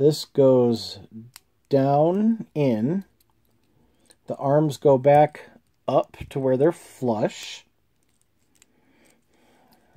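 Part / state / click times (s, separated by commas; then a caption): plastic toy robot arms into the figure's body / seated / 8.6 s. Someone talks while transforming a small plastic Transformers Siege Micromaster (Wave 2) toy robot figure, pushing its arms back up into the figure's body until they sit flush. Once the talking stops, a few faint plastic clicks follow, and the arms snap into place at 8.6 s, seated.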